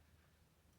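A plastic push-button-lock wiring connector, which fits only one way and is a bit stiff, is handled against the control box of a Spirit Halloween Grave Watcher 2024 prop. Only a faint, steady low rumble is heard, with no sharp sounds. Nothing has seated or clicked yet.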